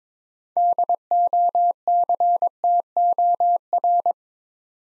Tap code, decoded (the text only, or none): none